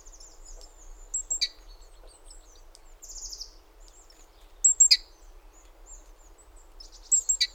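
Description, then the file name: Great tit calls: sharp, high clicking notes in short groups a few seconds apart, with a brief buzzy trill and faint thin whistles from other birds in the background. "Parus major"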